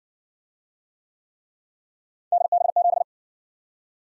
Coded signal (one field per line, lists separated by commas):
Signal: Morse code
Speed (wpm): 54 wpm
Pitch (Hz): 700 Hz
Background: none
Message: DB7